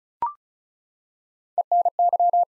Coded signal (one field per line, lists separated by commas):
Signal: Morse code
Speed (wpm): 35 wpm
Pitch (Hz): 700 Hz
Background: none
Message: ENY